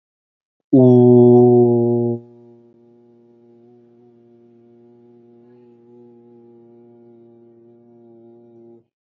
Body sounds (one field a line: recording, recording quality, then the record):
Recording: sustained vowel as in boot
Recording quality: excellent, no background noise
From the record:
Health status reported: healthy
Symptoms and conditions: diabetes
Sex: male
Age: 40 years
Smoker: not ticked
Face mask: not worn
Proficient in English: yes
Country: India